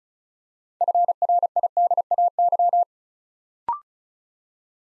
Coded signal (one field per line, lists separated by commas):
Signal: Morse code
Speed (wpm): 36 wpm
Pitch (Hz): 700 Hz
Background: none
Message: FRIDAY